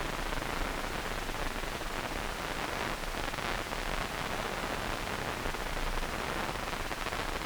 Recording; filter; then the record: brain microelectrode recording played as sound; wide band, above 20 Hz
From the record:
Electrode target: subthalamic nucleus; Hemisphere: right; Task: reaching with the left hand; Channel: 2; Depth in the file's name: 1.506 mm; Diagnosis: Parkinson's disease